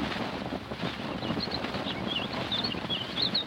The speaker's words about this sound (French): Écoutez l'oiseau. C'est un rossignol.